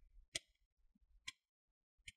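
A guitar pick is pushed into the seam between the top and bottom covers of a Lenovo V330 laptop and twisted, popping the plastic bottom cover clips loose. Three sharp clicks sound at 0.4, 1.3 and 2.1 seconds as the clips release, with quiet low rumbling in between. There is no talking in the clip.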